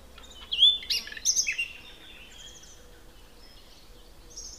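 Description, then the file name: Common nightingale song: a fast burst of loud whistles, clicks and rattling notes, fading into quieter background birdsong. "Luscinia megarhynchos"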